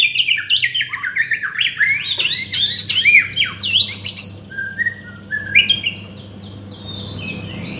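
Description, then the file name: White-rumped shama delivering a fast, jumbled sequence of whistled and chattering notes, then softer scattered whistles, over a background hum. From Borneo. "murai batu borneo"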